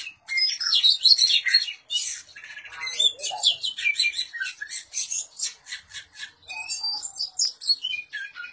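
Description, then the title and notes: Oriental magpie-robin singing a fast, varied stream of sharp chirps, clicks and short whistled notes, pausing briefly before resuming. "suara kacer. kumpulan suara burung kacer"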